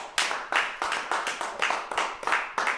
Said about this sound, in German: Applaus.